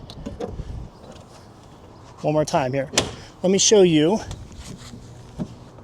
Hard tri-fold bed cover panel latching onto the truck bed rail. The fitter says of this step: Same thing again. You'll hear a click.